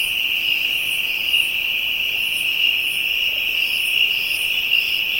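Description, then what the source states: Insects keep up a shrill continuous drone, joined by repeated wavering buzzes at regular intervals. African insects, ambient soundscape.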